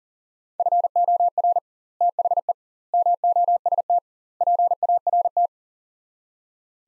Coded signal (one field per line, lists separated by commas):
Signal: Morse code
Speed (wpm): 37 wpm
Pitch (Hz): 700 Hz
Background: none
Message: FOR THE MOST PART